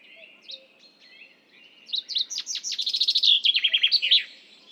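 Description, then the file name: Common chaffinch song: soft high notes, then a loud accelerating trill that descends and closes with a flourish. "Fringilla coelebs"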